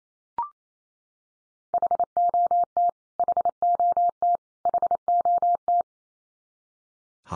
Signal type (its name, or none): Morse code